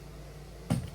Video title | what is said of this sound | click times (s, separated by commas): Review of Swiffer Sweep & Mop Deluxe 2-in-1 Multi-Surface Kit #amazonfinds #cleaninghacks | Then when you flip this over, this also locks in place like this too. | 0.7 s